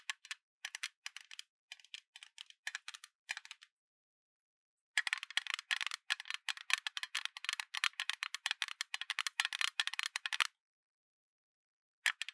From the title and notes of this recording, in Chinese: 隨機敲敲 | Tapping | NO Talking。手邊的東西，拿到啥就敲啥！